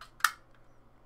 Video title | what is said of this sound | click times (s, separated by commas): iOttie One Touch XL -- Unboxing | the part that holds your phone, so you kind of click it open, | 0.2 s